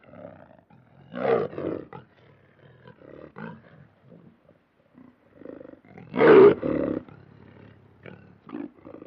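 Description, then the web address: Lion roaring: two loud, harsh bursts near the start and about two-thirds through, with quieter grunting sounds between them. "big cats|lions"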